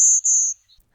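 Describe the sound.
Golden-winged warbler song fragment: two long, high, buzzy notes with a brief gap between them.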